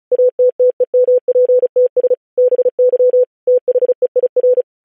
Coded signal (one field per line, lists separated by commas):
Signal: Morse code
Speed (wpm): 36 wpm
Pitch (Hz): 500 Hz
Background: none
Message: ATTEMPTS BY THEIR